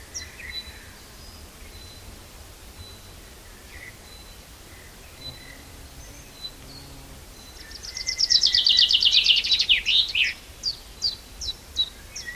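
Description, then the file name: Common chaffinch song: a quiet opening with soft chips, then a loud, rapid, descending trill with a terminal flourish, followed by spaced high ticking notes. "Fringilla coelebs"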